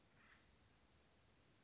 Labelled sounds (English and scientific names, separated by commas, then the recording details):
Acorn Woodpecker (Melanerpes formicivorus)
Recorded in Sonoma County, California